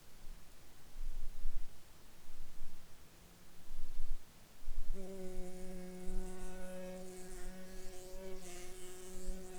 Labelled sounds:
insects

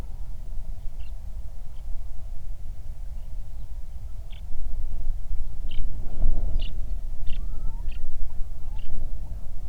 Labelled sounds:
songbird

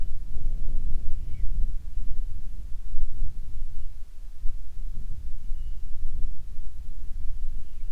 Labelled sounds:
wind

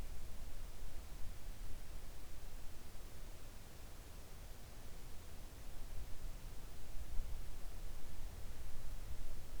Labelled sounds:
near silence

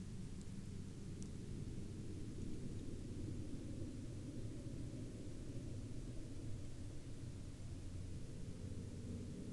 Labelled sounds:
aircraft

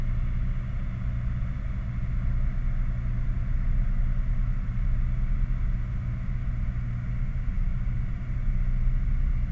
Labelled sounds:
machinery, flare stack

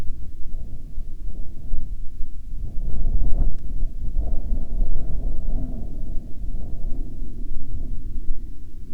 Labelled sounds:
wind, aircraft

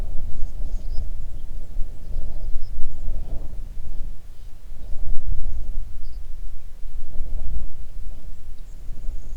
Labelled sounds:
songbird, wind

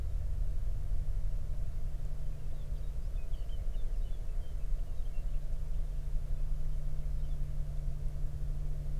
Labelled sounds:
songbird, aircraft

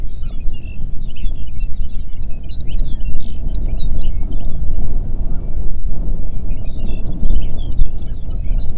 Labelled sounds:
songbird, wind

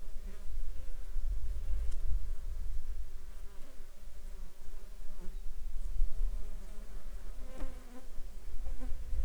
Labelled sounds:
insects

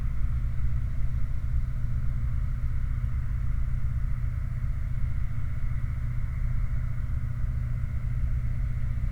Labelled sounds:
machinery, flare stack

